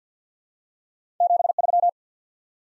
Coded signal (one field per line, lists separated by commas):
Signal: Morse code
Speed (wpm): 50 wpm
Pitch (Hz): 700 Hz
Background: none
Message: 73